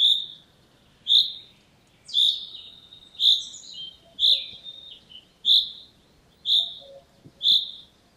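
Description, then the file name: Common chaffinch repeating a short metallic call note about once a second, eight notes, with soft high chatter and faint low whistles behind. "Fringilla coelebs"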